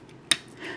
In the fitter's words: you'll take his heels pop them out they'll click into place very nicely